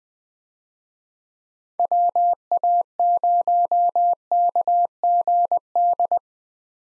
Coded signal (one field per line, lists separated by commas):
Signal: Morse code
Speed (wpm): 21 wpm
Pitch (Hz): 700 Hz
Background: none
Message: WA0KGD